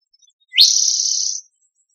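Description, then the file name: Spotted towhee giving one harsh, rising, buzzy mew that levels off, lasting about a second. Spotted towhee, also called rufous-sided towhee, recorded in Tigard, Oregon, United States, 2006. "spotted (rufous-sided) towhee , Tigard OR 060506"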